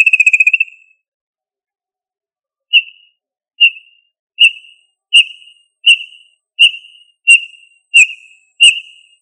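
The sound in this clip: Tinamou call: a short rapid trill, a pause of about two seconds, then short whistled notes repeated roughly every three-quarters of a second.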